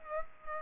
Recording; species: mosquito wingbeat signal from an infrared sensor; Culex pipiens